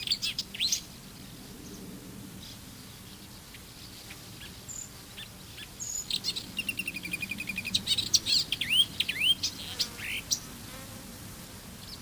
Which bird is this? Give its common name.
Marsh Warbler